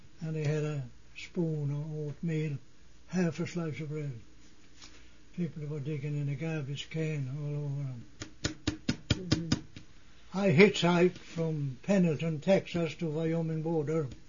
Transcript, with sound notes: And they had a spoon of oatmeal, half a slice of bread. People were digging in the garbage can all over. ( he taps something ) I hitchhiked from Pendelton, Texas to the Wyoming border,